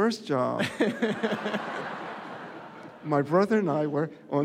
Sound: soundbite of laughter

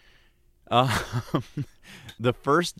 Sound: soundbite of laughter

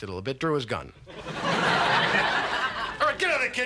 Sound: soundbite of audience laughing

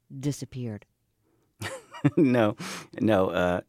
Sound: laughing

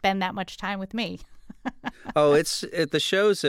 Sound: laughter

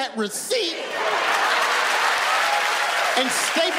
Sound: cheering, applause

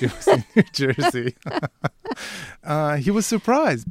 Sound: soundbite of laughter

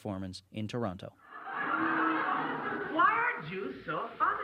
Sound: soundbite of performance

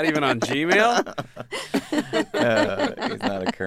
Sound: laughter

